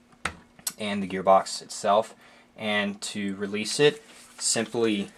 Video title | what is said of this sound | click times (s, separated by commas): G&G GK5c-GL Basic Review | simply rack it back and it locks itself in place exposing the hop up | 0.3 s, 0.7 s